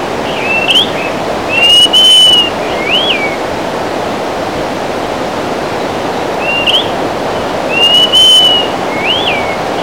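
Greater pewee whistling twice in sequence, each run a short upward flick, a long even whistle, then a slurred rise and fall, with constant broad background noise.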